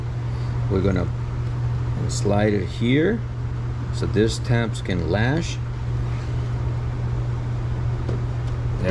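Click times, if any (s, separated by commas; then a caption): none. The plastic air box lid of a 2015 Toyota Corolla is slid onto the air filter housing so its tabs line up and engage, before the clip is pressed down. Someone talks over a steady low hum. Nothing has seated or clicked yet in this stretch.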